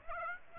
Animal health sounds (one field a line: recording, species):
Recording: mosquito wingbeat signal from an infrared sensor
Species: Aedes aegypti